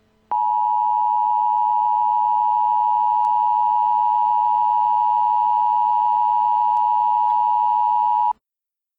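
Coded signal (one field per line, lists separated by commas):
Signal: Emergency Alert System (SAME) tones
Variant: 853 and 960 Hz attention tone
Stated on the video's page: Fictional nuclear attack scenario made for fun; tones may or may not be valid.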